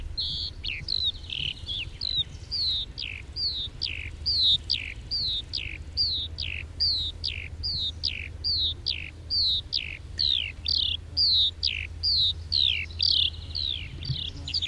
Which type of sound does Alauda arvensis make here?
flight song